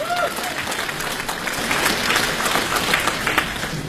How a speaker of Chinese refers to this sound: 掌声有请。